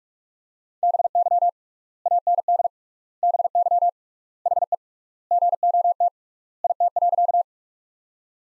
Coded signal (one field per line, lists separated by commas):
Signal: Morse code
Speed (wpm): 46 wpm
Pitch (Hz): 700 Hz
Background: none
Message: BY AND BY HE GOT IT.